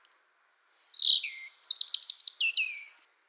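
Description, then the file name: European robin song: a warbled falling phrase, then a run of about five quick looping high notes that slide into a lower trill. "Erithacus rubecula"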